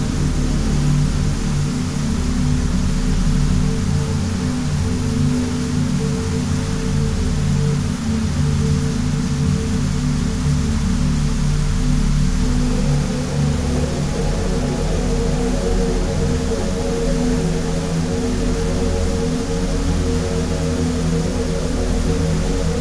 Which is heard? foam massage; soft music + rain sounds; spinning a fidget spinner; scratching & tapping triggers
soft music + rain sounds